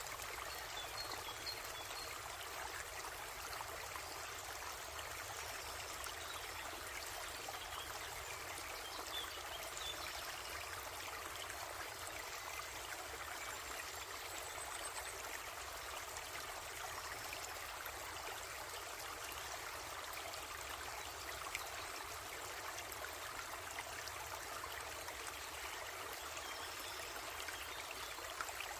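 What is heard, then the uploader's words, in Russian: A forest stream runs steadily throughout, its dense, even rushing spread from low rumble to bright hiss with no pauses or surges. Faint trickling detail flickers in the upper range, and the level stays constant from start to finish. Шум и звуки лесного ручья.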